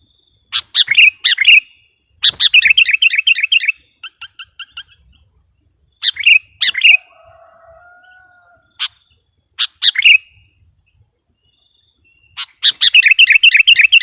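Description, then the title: Sooty-headed bulbul giving rapid chattering bursts of bright notes separated by pauses, with a short string of high ticks and a soft, low, drawn-out whistle between bursts. "kutilang"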